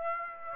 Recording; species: mosquito wingbeat signal from an infrared sensor; Aedes aegypti